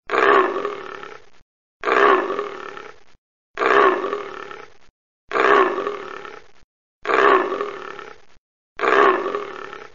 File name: leopard